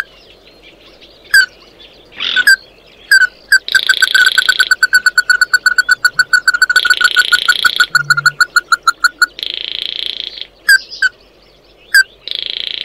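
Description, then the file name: Bird calls: a few single piping notes, then a long rapid run of repeated notes, with buzzy grating phrases between and after. "Tieng chim mat do"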